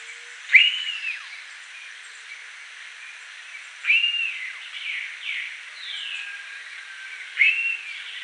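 Bird repeating a clear whistle that jumps up and falls away, roughly every three seconds, with quieter swooping notes between.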